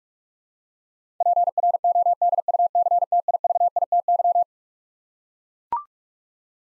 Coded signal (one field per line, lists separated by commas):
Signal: Morse code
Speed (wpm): 42 wpm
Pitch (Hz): 700 Hz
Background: none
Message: PRODUCTIVITY